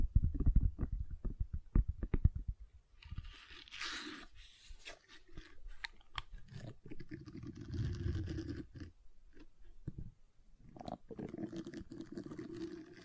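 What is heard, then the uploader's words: Gentle silicone sounds: the first three seconds bring quick, sharp crunchy taps in a dense, irregular run. After that come softer squishing and rubbing textures, low and muffled, rising and falling in short waves with brief pauses and a few bright clicks. ASMR Gentle Silicon Sounds for Sleep (No Talking).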